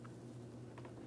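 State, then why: Not seated. An electrical connector is handled at the mass airflow sensor of a 2003–2008 Toyota Matrix 1.8L I4 during a transmission mount replacement, ready to be pressed on. Faint soft handling noises sit over a steady low hum, and nothing has seated or clicked yet.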